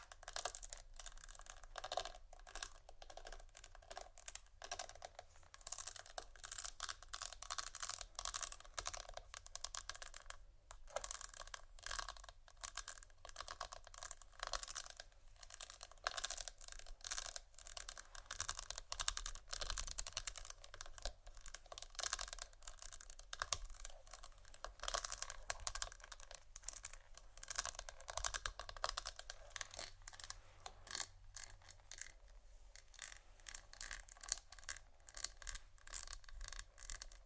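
Dense, continuous crinkling, tapping and scratching on vinyl, plastic and bristles, a busy rapid clatter of bright clicks with brief pauses throughout.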